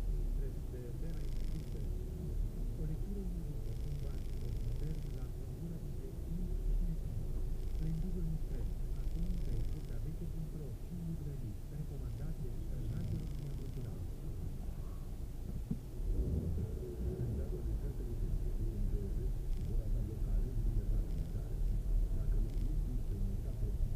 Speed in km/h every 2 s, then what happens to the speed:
0, 0, 0, 1, 1, 1, 0, 0, 1, 5, 6, 6.
0-16 standing. 16-24 steady at about 5.